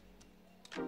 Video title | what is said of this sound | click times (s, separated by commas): Extending Short Wires: A Simple and Effective Guide | the buttons up you will hear the click sound | 0.7 s